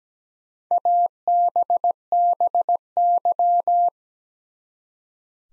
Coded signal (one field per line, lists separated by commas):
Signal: Morse code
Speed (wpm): 17 wpm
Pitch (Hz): 700 Hz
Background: none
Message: ABBY